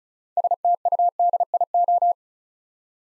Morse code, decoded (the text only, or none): STUDIO